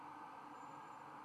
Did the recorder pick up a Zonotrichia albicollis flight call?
no